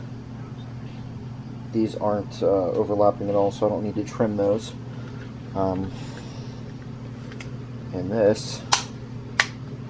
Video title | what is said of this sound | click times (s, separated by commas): Reddit Black R&D #11: From start to finish; Custom controller build. | just snaps in | 9.4 s